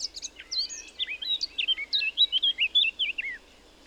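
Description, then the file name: Eurasian blackcap song, a short scratchy start followed by a lively run of clear, mellow whistled notes dropping in pitch at the end. "Sylvia atricapilla"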